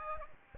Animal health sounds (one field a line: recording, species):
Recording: mosquito wingbeat signal from an infrared sensor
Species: Aedes aegypti